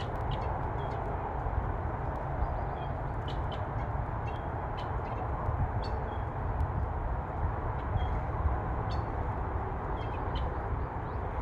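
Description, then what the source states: Brief high bird chirps dotted throughout, sometimes in quick pairs, above a heavy steady rumble of traffic. Recorded with freeway traffic far in the background.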